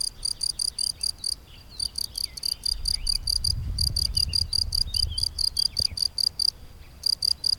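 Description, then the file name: Cricket chirps, a bright, high, pulsing trill repeated in quick bursts with short gaps, over a soft low rumble. Drôme, May 2008. "grillon-drome-mai-2008"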